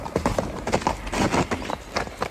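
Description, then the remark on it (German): The hooves of a ridden horse passing by pound in a fast, steady gallop, a run of loud, evenly spaced thuds with gritty clatter on top, no voices over them. “Muss betrunken sein, kann jeden Moment vom Pferd fallen.”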